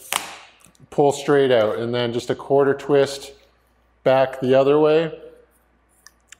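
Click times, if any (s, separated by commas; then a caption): 6.1 s, 6.3 s. Someone talks while the twist-lock collars on all three extended aluminum leg sections of a StrobePro Versa 65A & 65C tripod monopod kit get a quarter twist back the other way to lock them. Two sharp clicks follow at 6.1 s and 6.3 s, and the legs are locked into position.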